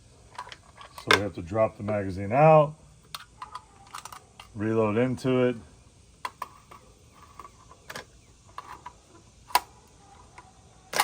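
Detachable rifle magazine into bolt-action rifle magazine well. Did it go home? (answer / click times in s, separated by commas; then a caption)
no / none. Someone talks while handling the detachable magazine of a Ruger American Predator bolt-action rifle in 6.5 Grendel, dropping it out and reloading it after a feeding problem with the last round. Short sharp handling clicks and clacks are heard around 3.2, 6.3, 6.4 and 9.6 seconds, but the magazine has not yet seated in the rifle's magazine well and nothing has clicked home.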